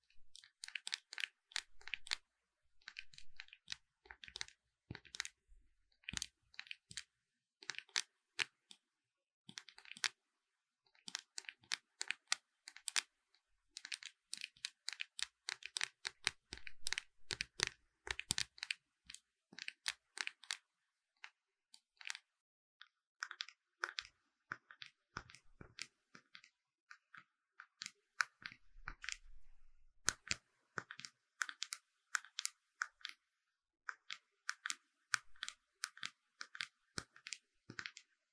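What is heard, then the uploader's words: Crisp makeup tapping: quick clicks and light crunchy taps fall in dense bursts with brief pauses between them. The tapping stays bright and sharp throughout, with a few soft low thumps near the thirty-second mark. ASMR 美妝用品敲擊聲 | Makeup Tapping | NO Talking.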